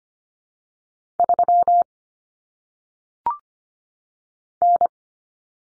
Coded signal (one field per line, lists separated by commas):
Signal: Morse code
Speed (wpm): 25 wpm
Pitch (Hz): 700 Hz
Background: none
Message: 3 N